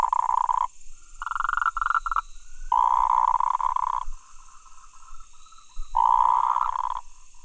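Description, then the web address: Frog calls: loud, rasping croaks alternating with quieter, buzzy, trembling notes, in irregular bursts lasting one to two seconds. Recorded 28 October 2017. "frog rec 20171028"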